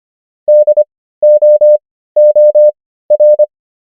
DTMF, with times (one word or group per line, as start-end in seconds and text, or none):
none